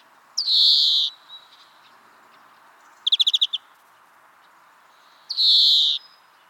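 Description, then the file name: European greenfinch calls: a long nasal wheeze, then a quick twittering trill of about seven notes, then another wheeze, with pauses between. "Chloris chloris"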